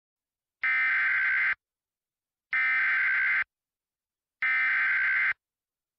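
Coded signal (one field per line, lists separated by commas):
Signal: Emergency Alert System (SAME) tones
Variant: header bursts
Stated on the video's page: Fictional severe weather scenario based on prior Christmas severe weather events.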